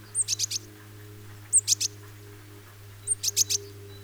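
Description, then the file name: Great tit calls: three groups of high, rapid chips, each opened by a thin whistled note, about one and a half seconds apart, with a faint low hum. "Parus major"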